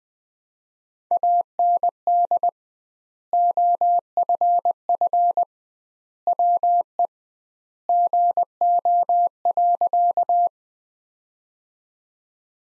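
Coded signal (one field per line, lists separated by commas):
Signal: Morse code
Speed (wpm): 20 wpm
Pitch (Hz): 700 Hz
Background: none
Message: AND OFF WE GO.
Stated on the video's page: Morse practice of sentences from the top 200 words at 20 wpm with 2x word spacing, a method analogous to Farnsworth.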